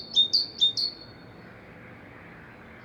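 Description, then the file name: Great tit giving two sharp, high alternating two-note phrases, then falling silent against faint background hiss. "Parus major"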